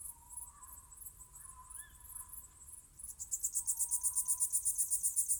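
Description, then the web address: Crickets chirping in rapid high pulses, growing louder and more regular in the second half, with faint tonal whistles lower down. Summer night. "Ivo Vicic - Natural ambiences vol 1. Crickets owls summer night"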